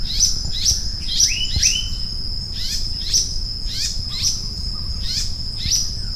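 Maratua monarch calls: brisk downward-sweeping chirps in short bursts, one note drawn out into a level whistle, over a continuous high insect hum.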